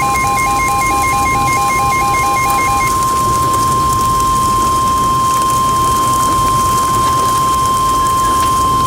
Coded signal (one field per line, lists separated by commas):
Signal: Emergency Alert System (SAME) tones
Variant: 1050 Hz attention tone